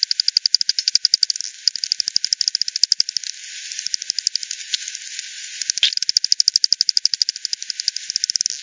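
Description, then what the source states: Bats produce fast, even trains of clicks that run almost throughout, with a short sparser stretch in the middle and a steady hiss behind. Multiple bats at Hogsmill River, Hogsmill Lane, 7 October 2020, 18:10; recording FD10-processed, band-pass filtered and resampled.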